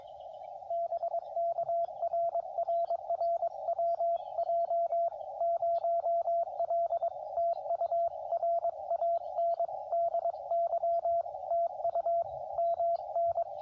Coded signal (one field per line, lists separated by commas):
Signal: Morse code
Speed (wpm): 22 wpm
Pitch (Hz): 680 Hz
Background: radio noise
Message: BK RRR WJ0L TU RANDY TU MN